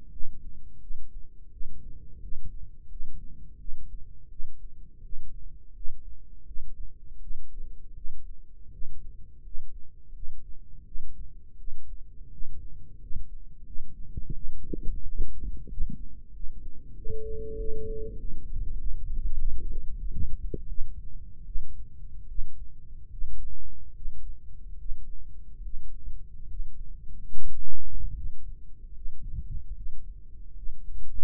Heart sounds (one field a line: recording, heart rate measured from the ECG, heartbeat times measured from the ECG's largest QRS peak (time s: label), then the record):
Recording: heart sounds by microphone in the right ear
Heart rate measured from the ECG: 83 bpm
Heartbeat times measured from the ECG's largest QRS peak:
0.10 s: heartbeat
0.80 s: heartbeat
1.50 s: heartbeat
2.20 s: heartbeat
2.88 s: heartbeat
3.58 s: heartbeat
4.29 s: heartbeat
5.02 s: heartbeat
5.73 s: heartbeat
6.45 s: heartbeat
7.20 s: heartbeat
7.94 s: heartbeat
8.70 s: heartbeat
9.42 s: heartbeat
10.13 s: heartbeat
10.84 s: heartbeat
11.57 s: heartbeat
12.30 s: heartbeat
12.99 s: heartbeat
13.64 s: heartbeat
14.33 s: heartbeat
15.01 s: heartbeat
15.68 s: heartbeat
16.32 s: heartbeat
16.94 s: heartbeat
17.56 s: heartbeat
18.16 s: heartbeat
18.76 s: heartbeat
19.35 s: heartbeat
19.97 s: heartbeat
20.68 s: heartbeat
21.45 s: heartbeat
22.27 s: heartbeat
23.09 s: heartbeat
23.92 s: heartbeat
24.76 s: heartbeat
25.61 s: heartbeat
26.47 s: heartbeat
27.32 s: heartbeat
28.13 s: heartbeat
28.93 s: heartbeat
29.73 s: heartbeat
30.54 s: heartbeat
From the record:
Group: healthy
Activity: rest 0-18 s, breath hold 18-31 s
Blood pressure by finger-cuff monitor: 93/56 mmHg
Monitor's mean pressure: 69 mmHg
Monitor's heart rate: 85 bpm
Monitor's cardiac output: 7.2 L/min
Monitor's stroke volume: 83 mL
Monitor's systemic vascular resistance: 680 dyn s/cm5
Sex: female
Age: 22 years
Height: 163 cm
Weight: 67.1 kg